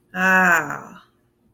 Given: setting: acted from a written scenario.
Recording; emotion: vocal sound without words; romantic love